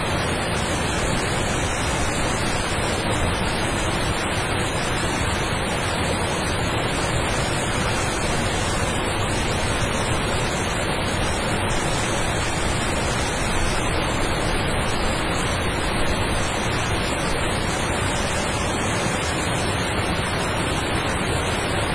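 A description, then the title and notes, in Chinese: A waterfall roars in a thick, unbroken wash of falling water that holds the same loudness for the whole stretch. The sound is dense, full in the low rumble and hissing on top, with no separate splashes or other sounds standing out. 白噪音 金瀑飞流 水汽氤氲。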